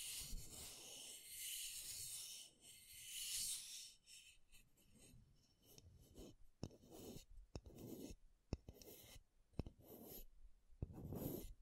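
Close, crisp scratching on makeup items fills the first four seconds with a dense, bright rasp. After that it thins into softer, slower scrapes broken by sharp, clicky taps that land roughly once a second toward the end.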